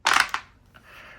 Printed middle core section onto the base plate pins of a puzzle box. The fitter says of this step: and that sits those all down. And it's clicked in place really nicely.